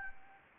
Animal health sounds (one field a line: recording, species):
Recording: mosquito wingbeat signal from an infrared sensor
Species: Anopheles gambiae